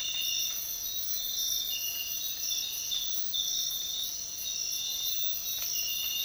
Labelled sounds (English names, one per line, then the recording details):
none
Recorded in dense forest near Puerto Asís, Putumayo, Colombia, on 13 March 2025 at 06:00
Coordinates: 0.500, -76.322
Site GP06